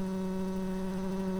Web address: bumblebees Hypnorum-workers